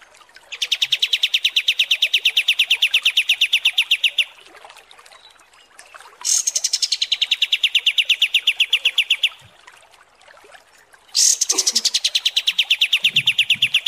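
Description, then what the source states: Kapas tembak song: three long, rapid rattling trills of high notes, each lasting several seconds, with short gaps between them. Masteran (song-training) recording of kapas tembak song, described as mewah.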